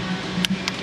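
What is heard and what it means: A small click-type torque wrench tightens an intake manifold bolt on the 3.8 V6 of a 2003 Chevy Monte Carlo to 11 ft-lb (15 Nm), with music playing under a steady low hum. The wrench gives a sharp click at 0.4 s when it reaches its setting, followed by a softer tick at about 0.7 s.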